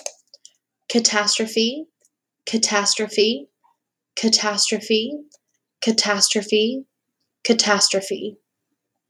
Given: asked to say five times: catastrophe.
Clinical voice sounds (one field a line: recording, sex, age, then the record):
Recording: repeated word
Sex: female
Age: 20 to 29 years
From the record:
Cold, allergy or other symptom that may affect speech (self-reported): no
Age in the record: 25 years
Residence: Texas, United States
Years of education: 15